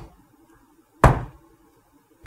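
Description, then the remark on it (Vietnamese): Two loud, solid knocks on a door, spaced slowly and evenly about a second apart, each a heavy thud with a short ringing decay, with near silence around them; a steady, unhurried knocking rather than rapid pounding. “Đó vậy đó, cái kiểu gõ cốc, cốc, cốc, vậy đó, nó đều vậy đó.”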